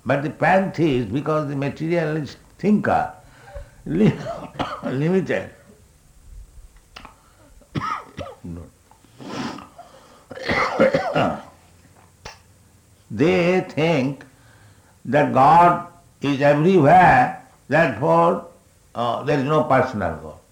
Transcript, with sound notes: But the pantheists, because the materialist think of limited... [coughs] They think that "God is everywhere; therefore there is no personal God."